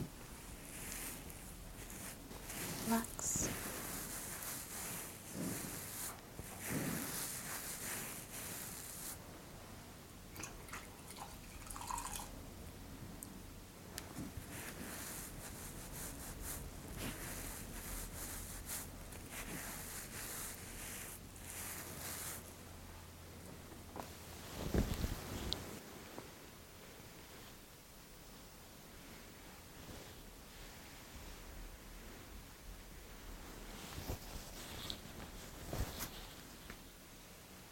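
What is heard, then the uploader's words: Fabric rustles and soft brushing and rubbing sounds continue throughout, with short bright snips and clicks scattered across the clip, busiest in the first ten seconds. A low steady hum runs underneath until about 22 seconds, and a louder sharp burst lands near 25 seconds. Insanely Stimulating Eyebrow & Beard Measuring, Trimming, Massage.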